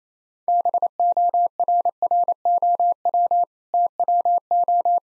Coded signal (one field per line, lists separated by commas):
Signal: Morse code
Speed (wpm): 28 wpm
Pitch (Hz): 700 Hz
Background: none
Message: BORROW TWO